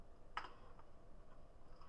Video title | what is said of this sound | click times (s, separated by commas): Traversal of Thomas M. Disch's, "AMNESIA" | It's really satisfying to do this, by the way, to like literally take, put it back in, hear the click. | 0.4 s